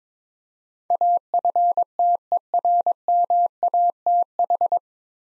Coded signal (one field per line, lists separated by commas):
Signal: Morse code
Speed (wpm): 22 wpm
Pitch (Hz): 700 Hz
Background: none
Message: AFTERMATH